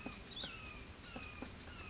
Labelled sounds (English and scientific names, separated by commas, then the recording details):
Cassin's Vireo (Vireo cassinii)
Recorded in Sonoma County, California